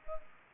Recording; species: mosquito wingbeat signal from an infrared sensor; Culex pipiens